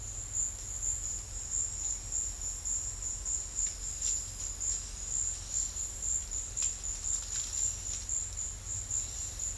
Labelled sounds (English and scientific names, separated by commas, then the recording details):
none
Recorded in secondary vegetation near Puerto Asís, Putumayo, Colombia, on 28 February 2025 at 13:00
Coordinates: 0.484, -76.319
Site G010